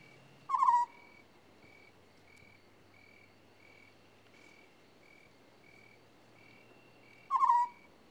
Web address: BBC Sound Effects Library. African Scops Owl